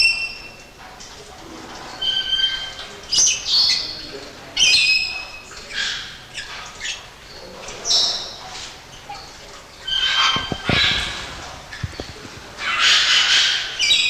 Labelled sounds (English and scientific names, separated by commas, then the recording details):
Golden Parakeet (Guaruba guarouba) call
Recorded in captivity
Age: adult
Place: Zoo Berlin, Berlin, DE
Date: 1986-02-07 10:22
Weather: sunny, -10°C
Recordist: Tembrock, Günter